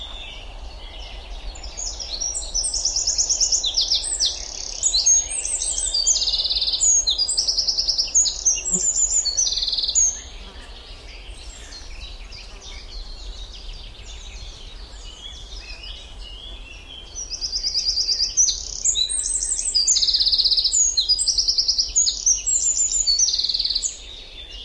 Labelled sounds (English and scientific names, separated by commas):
Eurasian Wren (Troglodytes troglodytes) song